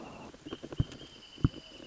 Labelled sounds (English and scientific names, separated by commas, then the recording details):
Wrentit (Chamaea fasciata)
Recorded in Sonoma County, California